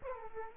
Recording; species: mosquito wingbeat signal from an infrared sensor; Aedes aegypti